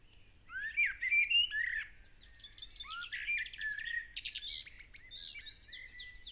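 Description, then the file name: Common blackbird singing, low fluted phrases followed by rapid high twittering flourishes and squeaky notes, continuing in a varied run. "Turdus merula"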